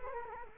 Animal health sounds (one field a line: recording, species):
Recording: mosquito wingbeat signal from an infrared sensor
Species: Culex quinquefasciatus